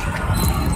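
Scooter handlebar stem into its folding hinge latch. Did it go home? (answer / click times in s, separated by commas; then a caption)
no / none. The handlebar stem of an iskutER Dark Knight 63 km/h electric scooter is raised from its folded position toward its folding hinge latch after the folding lever has been opened. Steady low rumbling handling noise with light rubbing continues throughout. Nothing has seated or clicked yet.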